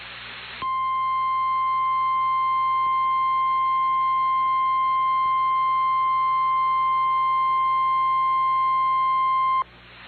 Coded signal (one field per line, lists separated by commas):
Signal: Emergency Alert System (SAME) tones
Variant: 853 and 960 Hz attention tone